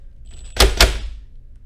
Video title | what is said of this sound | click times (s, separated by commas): 10 common installation mistakes for Prius hybrid battery - MUST WATCH!! | so if i hear two clicks | 0.6 s, 0.8 s